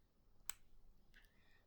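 A push-pull cap is pushed onto the plastic body of a Kaco Edge fountain pen held close to the mic. It gives one sharp, bright click at 0.5 s, followed by a faint higher tone around 1.1–1.3 s. The cap clicks shut and seats securely.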